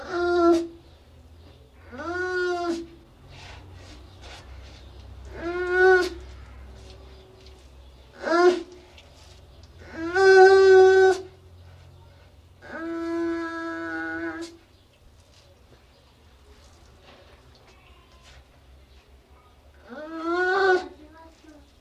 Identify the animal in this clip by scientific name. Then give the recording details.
Pusa sibirica. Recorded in captivity. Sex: female. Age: adult. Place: Tierpark Berlin, Berlin, DE. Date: 1966-05-21 19:00. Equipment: Uher 4200 Report Monitor, Sennheiser MD 421, Transistorverstärker 2. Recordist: Tembrock, Günter